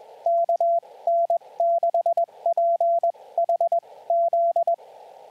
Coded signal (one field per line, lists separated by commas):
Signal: Morse code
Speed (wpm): 21 wpm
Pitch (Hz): 680 Hz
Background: radio noise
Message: KN6PHZ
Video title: #4 Callsign Practice | Morse Code for SOTA